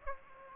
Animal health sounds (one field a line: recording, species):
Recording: mosquito wingbeat signal from an infrared sensor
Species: Aedes aegypti